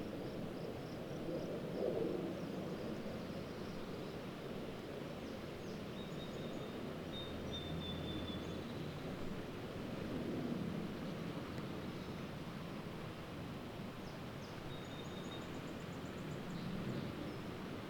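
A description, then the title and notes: A steady, dense low rush of water near a river fills the scene, with faint high bird chirps drifting in now and then. A quiet spot near a river. This was recorded on Thursday afternoon while I was walking along the banks of a swollen Clark Fork River near the confluence with the Bitterroot River. The normal rushing sounds of the river as it fights its way over rocks and deadwood are somewhat muted in this recording because the river this time of year runs high with spring runoff.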